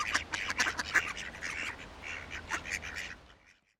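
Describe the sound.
Duck quacking: a quick burst of harsh, nasal quacks tumbling irregularly, then fading into silence.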